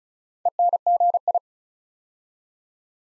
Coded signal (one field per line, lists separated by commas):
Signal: Morse code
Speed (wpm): 33 wpm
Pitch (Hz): 700 Hz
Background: none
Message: ENGI